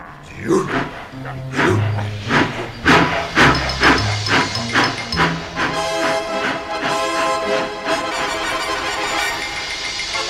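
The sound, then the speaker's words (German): Thomas the steam locomotive, dirty and dusty, steams over to the locomotive wash after leaving gravel wagons at the goods yard: a quick run of rhythmic steam bursts over low, steady tones, then a continuous hiss with sustained higher-pitched tonal sounds. “Nachdem Thomas und Percy die Waggons mit Kies am Güterbahnhof abgestellt haben, dampft der dreckige, staubige Thomas hinüber zur Lokomotivenwaschanlage.”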